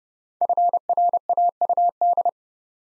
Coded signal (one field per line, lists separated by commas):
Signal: Morse code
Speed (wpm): 30 wpm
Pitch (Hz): 700 Hz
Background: none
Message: FRAUD